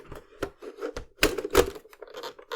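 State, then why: Seated. The removable satellite dish antenna of a Hitachi WorldSpace KH-WS1 Satellite FM MW SW radio is pushed back into its mount on the radio, with soft rubbing and sliding scrapes broken by a few sharp taps. It seats and locks in place with the loudest sharp click at 1.2 s, followed by quieter handling and another knock near the end.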